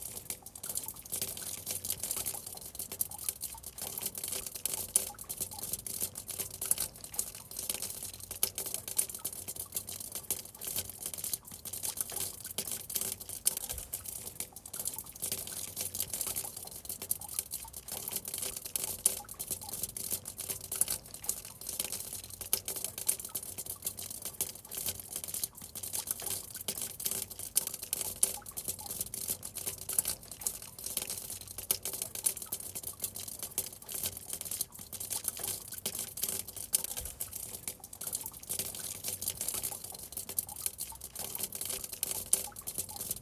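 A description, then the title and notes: Raindrops patter on a roof in a steady, dense spray of tiny crisp taps, bright, with a faint low rumble beneath throughout. Raindrops on Roof.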